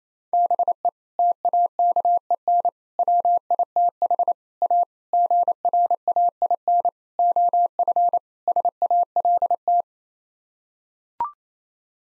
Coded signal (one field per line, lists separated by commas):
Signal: Morse code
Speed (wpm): 28 wpm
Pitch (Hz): 700 Hz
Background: none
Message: BE TAKEN WITH A GRAIN OF SALT